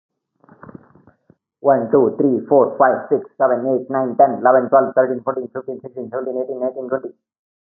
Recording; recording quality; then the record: counting at a fast pace; moderate, slight background noise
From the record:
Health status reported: healthy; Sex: male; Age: 37 years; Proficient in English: yes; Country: India